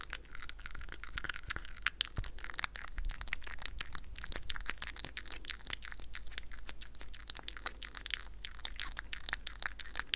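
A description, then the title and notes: Lo-fi mouth sounds: dense wet clicks and smacks crackle continuously and irregularly, bright and crisp, over a faint low hum. Apple Microphone Mouth Sounds (LOFI).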